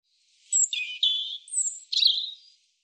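European robin giving a short song phrase of thin, high sliding whistles and brief warbled notes, lasting about two seconds in otherwise silent surroundings.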